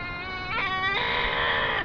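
Cat screeching, a single drawn-out, strained yowl that jumps higher midway and holds a harsh, piercing tone before breaking off.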